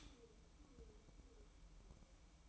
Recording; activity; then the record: daily activity, microphone in the room; stop toaster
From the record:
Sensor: 1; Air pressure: 1007.3 hPa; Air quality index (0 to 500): 80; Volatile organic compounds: 1 ppm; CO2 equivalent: 689 ppm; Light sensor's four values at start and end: 7/17/7/7 and 7/17/7/7